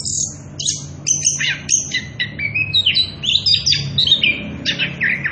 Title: Anis Kembang Gacor. pancingan anis kembang ngerol edan volume dasyattt cocok buat masteran trotolan